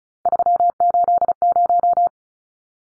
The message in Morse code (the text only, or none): 380